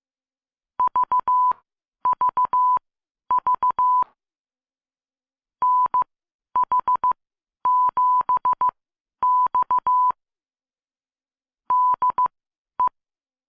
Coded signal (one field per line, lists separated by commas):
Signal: Morse code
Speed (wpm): 16 wpm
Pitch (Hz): 1000 Hz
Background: none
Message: VVV NH7X DE